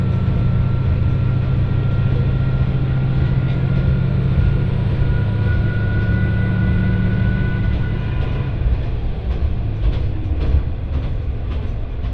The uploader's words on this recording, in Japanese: 耳で楽しむ鉄道旅 越美北線 計石→福井。越前大野からひと山越えた先にある計石からは、足羽川の支流に沿って進み、美山で足羽川と合流します。何度か足羽川を渡りながら一乗谷遺跡のある近くを通りつつ越前花堂で北陸本線に合流して福井を目指します。